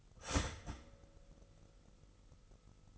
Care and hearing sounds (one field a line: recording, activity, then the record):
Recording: daily activity, microphone in the room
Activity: start toaster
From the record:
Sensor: 4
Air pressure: 989.3 hPa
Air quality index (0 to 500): 216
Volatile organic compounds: 67 ppm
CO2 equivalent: 3489 ppm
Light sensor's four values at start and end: 24/85/31/33 and 24/85/31/33